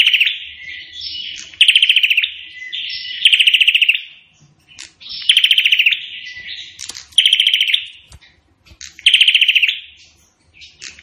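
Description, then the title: Prinia singing rapid staccato rattles of sharp notes about every two seconds, five in all, alternating with buzzy, wheezy notes. Indonesian name prenjak; described as gacor, singing persistently; song style called suara tembakan AK-47, AK-47 gunfire sound. "Burung Prenjak Gacor Suara Tembakan Ak-47"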